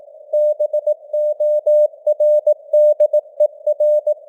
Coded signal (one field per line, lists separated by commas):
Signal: Morse code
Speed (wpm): 18 wpm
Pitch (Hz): 600 Hz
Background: none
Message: BORDER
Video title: Morse Code News | 2025-12-27 | 18wpm